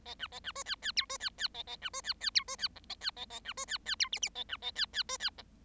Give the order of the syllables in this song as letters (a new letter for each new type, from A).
A B A B C D D E C D D A A B C D D E C D F A D A A B C D D E G G A B A D D C D F